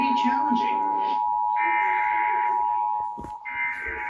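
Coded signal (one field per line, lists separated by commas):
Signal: Emergency Alert System (SAME) tones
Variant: 853 and 960 Hz attention tone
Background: speech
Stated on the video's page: Compilation of real severe weather outbreak alerts from the National Weather Service.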